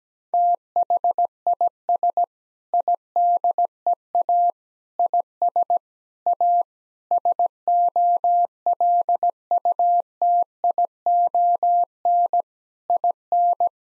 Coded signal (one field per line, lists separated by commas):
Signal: Morse code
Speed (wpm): 17 wpm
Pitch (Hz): 700 Hz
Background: none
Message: THIS IDEA IS A SOLUTION IN